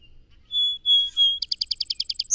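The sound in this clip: Song sparrow starting its song with three drawn-out whistles followed by a quick, even run of buzzy notes; the song is cut off early.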